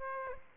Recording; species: mosquito wingbeat signal from an infrared sensor; Aedes aegypti